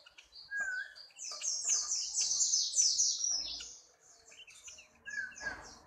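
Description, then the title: Yellow-spectacled white-eye song: a fast, high twittering jumble of bright notes in a dense burst, with a few lower slurred whistles before and after. "Pleci wallacea"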